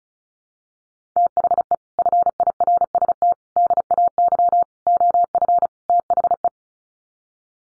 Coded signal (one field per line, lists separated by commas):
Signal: Morse code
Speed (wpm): 34 wpm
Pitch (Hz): 700 Hz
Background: none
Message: THE FIRST DAY OF THE